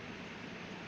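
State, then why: Not seated. A metal locking bar is being moved into position on the centrifuge rotor housing of a Bhagyashree Accessories Pvt. Ltd. Super_Kleen600WH oil filtration machine, after the rotor has been lifted onto its shaft, so the rotor can be held for cleaning. Only a steady broadband hiss with no distinct hits is heard. Nothing has seated or clicked yet.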